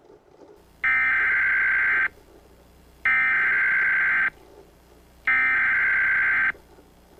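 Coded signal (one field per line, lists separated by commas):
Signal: Emergency Alert System (SAME) tones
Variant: header bursts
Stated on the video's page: Valid EAS tones in a fictional animated story.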